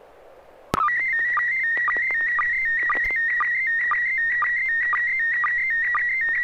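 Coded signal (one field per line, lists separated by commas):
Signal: SSTV (slow-scan television)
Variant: PD 120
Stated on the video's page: SSTV net held on a 441.300 MHz FM repeater, images sent with MMSSTV software.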